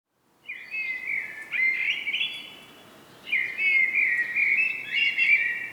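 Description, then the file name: Common blackbird song: two rich, fluty warbling phrases with a short pause between them. "Turdus merula"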